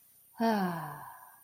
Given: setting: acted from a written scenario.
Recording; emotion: vocal sound without words; serenity